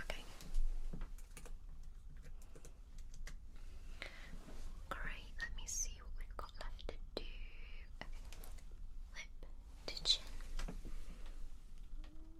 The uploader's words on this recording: ASMR Detailed Face Measuring for Sleep.